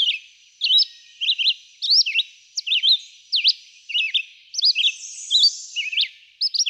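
Red-eyed vireo singing brief whistled phrases, each slurring up or down, separated by short pauses, with a thin buzzy note near the end.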